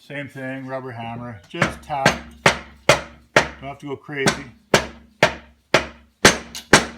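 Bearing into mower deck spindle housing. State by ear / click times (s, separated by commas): seated / 6.7 s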